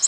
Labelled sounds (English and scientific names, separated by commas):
Nashville Warbler (Leiothlypis ruficapilla) flight call